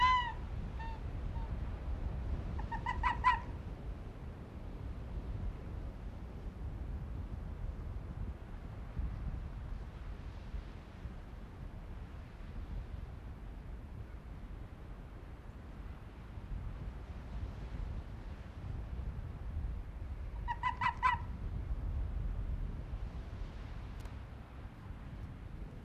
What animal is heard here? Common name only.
Arctic Fox